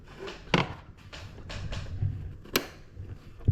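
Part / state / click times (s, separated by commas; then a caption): security camera cable connector into the extension cable or NVR port / seated / 0.5 s, 2.6 s. A security camera's cable connector is plugged into its socket on the kit cabling (the extension cable or NVR port), and it seats with sharp latch clicks at 0.5 s and 2.6 s. Soft handling and rustling noise runs between them, and a faint tap is heard at the end.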